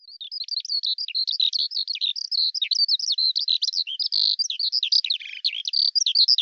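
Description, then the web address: Bird singing a rapid, unbroken chatter of high, varied twittering notes and quick chirps, with no other sounds heard. "Deverinetal 2025 File cleaned normalized Bird Al Ar"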